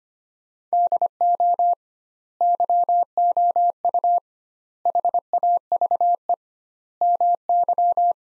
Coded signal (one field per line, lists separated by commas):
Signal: Morse code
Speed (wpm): 25 wpm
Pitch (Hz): 700 Hz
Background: none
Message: DO YOU HAVE MY